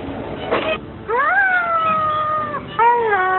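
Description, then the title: Asian pied starling giving long, nasal, harmonic notes, some rising and then holding level, over a steady low background noise. "jalak_suren"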